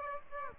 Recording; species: mosquito wingbeat signal from an infrared sensor; Aedes aegypti